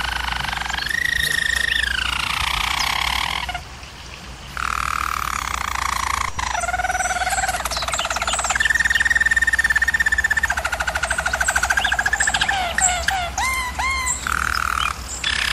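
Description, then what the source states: German Roller canary song: rolling trills held on steady pitches, switching between tours, with a brief quieter pause near four seconds. German Roller canary singing, from a canary training video.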